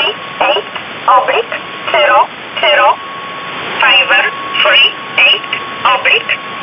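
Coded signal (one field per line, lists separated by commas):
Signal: numbers station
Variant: E11 Oblique, English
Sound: a synthetic voice reading short, evenly spaced words over shortwave hiss, with a faint steady tone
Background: radio static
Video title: 27 05 2019 E11 Oblique Numbers station in English 0900 on 7439 unknown tx site in USB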